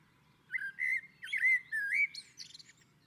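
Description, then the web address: Common blackbird: one short phrase of clear, fluty whistled notes rising and falling, ending in a thin high squeaky flourish. On a roof. "Naturinspelningar Koltrast på taket"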